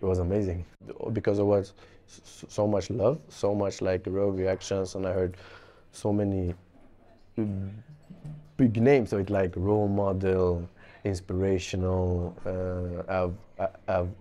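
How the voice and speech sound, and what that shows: A low-pitched adult man speaks in English, mostly fluently, but with a two-second silent block before "big names," several stretched vowels, and a repeated "of, of" at the end. These blocks, prolongations and repetitions are stuttering, a stammer that began at about six years old.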